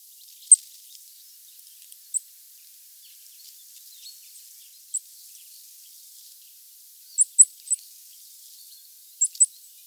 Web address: regulus regulus call